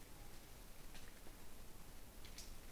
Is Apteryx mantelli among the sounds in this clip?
no